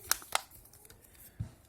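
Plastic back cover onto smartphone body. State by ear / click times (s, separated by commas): seated / 0.1 s, 0.4 s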